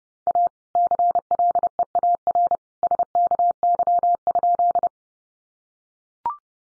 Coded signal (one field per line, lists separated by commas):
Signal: Morse code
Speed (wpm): 30 wpm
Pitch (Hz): 700 Hz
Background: none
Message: A CLEAR SKY?